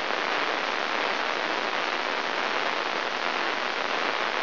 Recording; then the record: brain microelectrode recording played as sound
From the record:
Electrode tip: inside the subthalamic nucleus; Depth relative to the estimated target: -2 mm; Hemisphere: left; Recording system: AlphaMap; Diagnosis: Parkinson's disease